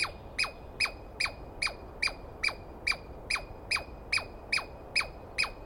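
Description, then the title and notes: Douglas squirrel call: harsh descending squeals repeated steadily about two and a half times per second, each dropping sharply in pitch. Douglas pine squirrel screaming at length at dawn, morning of 21 April 2017, East Cascades; identified by sound, not clearly seen. "On the morning of 21 April, 2017, I set up my microphones and recorder for a nice dawn recording in the East Cascades. I was started awake by a screaming Douglas Pine Squirrel."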